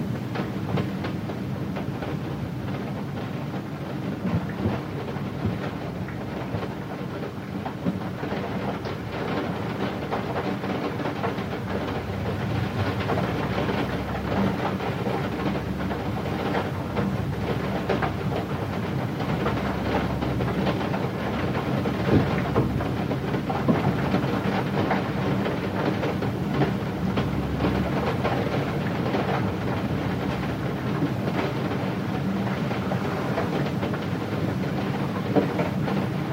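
Rain patters steadily against a window, a dense, even hiss of countless small drop ticks with no pauses. A deep, continuous rumble sits underneath, and the downpour grows slightly heavier after about twenty seconds.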